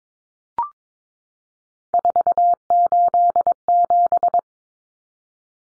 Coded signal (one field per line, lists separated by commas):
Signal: Morse code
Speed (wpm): 22 wpm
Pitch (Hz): 700 Hz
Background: none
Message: 487